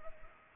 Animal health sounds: mosquito wingbeat signal from an infrared sensor; Culex pipiens

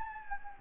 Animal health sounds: mosquito wingbeat signal from an infrared sensor; Anopheles gambiae

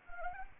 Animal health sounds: mosquito wingbeat signal from an infrared sensor; Anopheles arabiensis

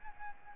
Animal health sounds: mosquito wingbeat signal from an infrared sensor; Aedes albopictus

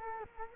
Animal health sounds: mosquito wingbeat signal from an infrared sensor; Culex quinquefasciatus

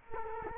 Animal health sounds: mosquito wingbeat signal from an infrared sensor; Culex quinquefasciatus

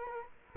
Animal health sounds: mosquito wingbeat signal from an infrared sensor; Culex quinquefasciatus

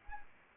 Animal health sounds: mosquito wingbeat signal from an infrared sensor; Anopheles arabiensis

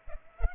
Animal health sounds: mosquito wingbeat signal from an infrared sensor; Culex pipiens

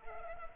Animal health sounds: mosquito wingbeat signal from an infrared sensor; Culex pipiens

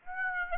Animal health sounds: mosquito wingbeat signal from an infrared sensor; Aedes aegypti

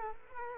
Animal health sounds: mosquito wingbeat signal from an infrared sensor; Culex quinquefasciatus

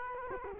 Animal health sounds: mosquito wingbeat signal from an infrared sensor; Culex quinquefasciatus

